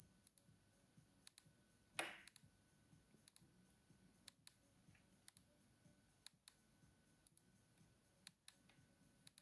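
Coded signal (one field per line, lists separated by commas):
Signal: radio time signal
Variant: DCF77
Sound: steady hum broken by a short dip and click every second, about nine times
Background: small room, clicking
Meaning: Time code that sets a radio-controlled watch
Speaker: works you see seconds here are exactly the same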